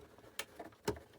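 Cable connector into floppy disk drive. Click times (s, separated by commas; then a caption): 0.4 s. A cable connector, probably the power lead, is pushed into a faulty circa-1984 Mitsubishi M4853 floppy disk drive for a BBC Model B and clicks into place at 0.4 s with a sharp, bright snap. A second strong hit follows at 0.9 s, with faint taps around it. The connector is seated.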